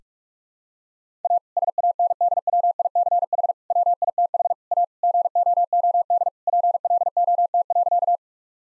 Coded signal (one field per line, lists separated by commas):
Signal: Morse code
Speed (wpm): 46 wpm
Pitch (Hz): 700 Hz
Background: none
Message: A SANDWICH WITH A GOOD PLOT.